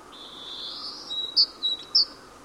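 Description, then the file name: Great tit calls: a thin drawn-out high note followed by three sharp bright chips in quick succession, with soft background hiss. "Parus major"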